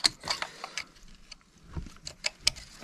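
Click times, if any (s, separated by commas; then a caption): 2.5 s. An electrical plug is pushed onto a new fuel injector on a 3.0 TDI engine for the Audi A4, A5, A6, A7 and Q5 (2010 to 2015). A series of light plastic clicks and rattles builds to one sharp, loud click at 2.5 s, as the plug seats and clicks on.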